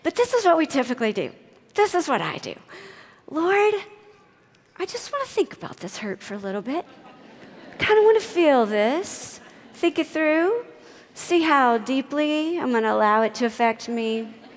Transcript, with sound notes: But this is what we typically do—this is what I do: “Lord, I just want to think about this hurt for a little bit. (laughter) I kind of want to feel this. Think it through. See how deeply I'm going to allow it to affect me.